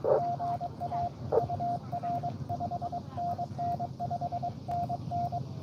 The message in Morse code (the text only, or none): GA UR 5NN 5NN